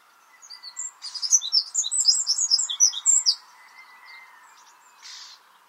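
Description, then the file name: Eurasian wren giving a loud, rapid, high-pitched trilling phrase of a little over two seconds, followed by quiet and one faint short burst near the end. "Troglodytes troglodytes"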